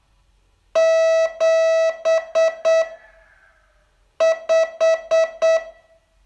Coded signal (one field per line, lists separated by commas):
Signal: Morse code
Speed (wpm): 8 wpm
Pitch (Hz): 650 Hz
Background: none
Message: 7 5